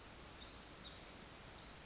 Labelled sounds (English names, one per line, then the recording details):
Pacific Wren
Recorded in Sonoma County, California